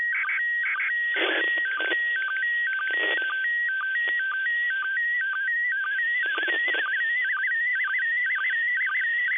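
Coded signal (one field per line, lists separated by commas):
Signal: SSTV (slow-scan television)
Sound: warbling whistle hovering around one pitch, with quick hops up and down, over hiss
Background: radio static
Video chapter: 04:41 두 번째 이미지 수신 / 06:47 두 번째 이미지 수신 완료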